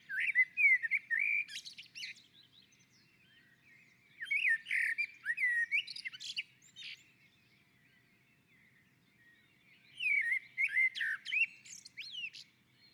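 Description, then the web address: Common blackbird singing three unhurried phrases a few seconds apart. Each mixes rich warbled whistles with thin, high chattering notes at the end. On the roof. "sammel Naturinspelningar Koltrast på taket"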